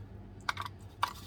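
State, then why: Seated. The small top part of a plastic rotary cheese grater is pressed back onto its body during reassembly. A sharp click at 0.5 s and a few lighter taps follow, then a second sharp click at 1.0 s marks the top part seating firmly in place.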